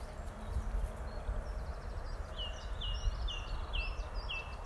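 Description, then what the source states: Bird song: a string of several clear, downward-swept notes, evenly spaced in the second half, over a steady low rumble. Recorded during lockdown, 27 March.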